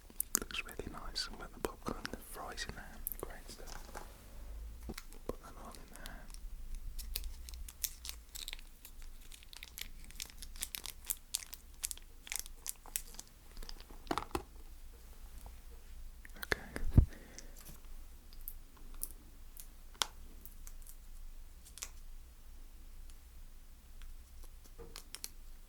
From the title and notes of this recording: ASMR KFC MUKBANG Zinger Burger, BBQ Bites, Snack Box.